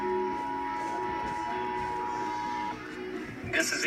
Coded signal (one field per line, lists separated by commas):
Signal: Emergency Alert System (SAME) tones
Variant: 853 and 960 Hz attention tone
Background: speech, music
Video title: Required Monthly Test EAS #15